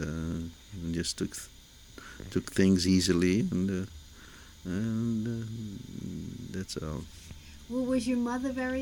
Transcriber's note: none